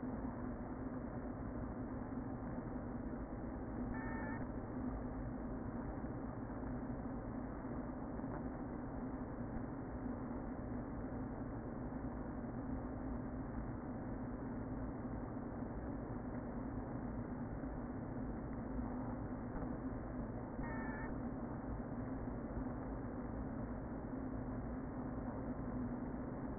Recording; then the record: honeybee colony, microphone inside the hive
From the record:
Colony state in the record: queen present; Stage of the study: before two queens were removed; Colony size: about 60,000 bees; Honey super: yes